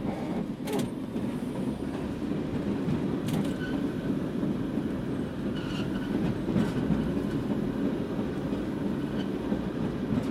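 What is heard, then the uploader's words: A cable car ride in San Francisco, with a steady, dense low rumble and rattle running through the whole ten seconds. Brief clacks and metallic clicks break through near the start, around three seconds, and again between five and seven seconds, over an even, unbroken drone. Cable Car Soundscape: Riding through San Francisco.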